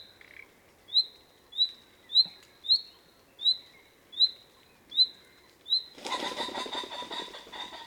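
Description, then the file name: Common nightingale giving repeated rising whistled calls, then a loud rustling, crackling noise takes over for the final two seconds. "Luscinia megarhynchos"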